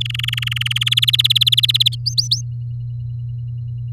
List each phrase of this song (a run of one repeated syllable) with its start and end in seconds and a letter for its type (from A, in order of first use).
0.01-0.78 A, 0.81-1.89 B, 1.92-1.95 C, 2.06-2.41 D, 3.92-3.92 E